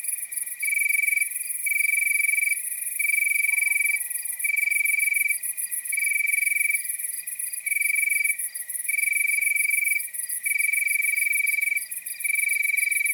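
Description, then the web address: Cricket chirping in regular trilled bursts, backed by a constant high pulsing insect buzz. Nocturnal wasteland at night. "Nature Chill Out 2014. Toads, Nighthawks and Crickets"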